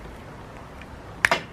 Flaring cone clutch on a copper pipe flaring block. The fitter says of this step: we go just clicked okay now just give one more little turn